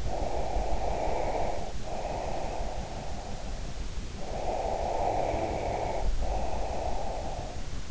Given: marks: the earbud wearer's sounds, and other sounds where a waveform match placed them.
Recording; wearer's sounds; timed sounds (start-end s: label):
sounds in sleep by an in-ear microphone; breath
0.00-3.83 s: breath
4.15-7.73 s: breath